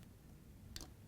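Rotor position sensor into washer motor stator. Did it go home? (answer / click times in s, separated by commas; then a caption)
no / none. A new plastic rotor position sensor switch (6501KW2002A) for an LG/Kenmore washer is handled against the washer motor stator, being lined up with its three locking tabs and rotated down. Faint low rumble is heard, with two brief sharp ticks at about 0.8 s. Nothing has seated or clicked into place yet.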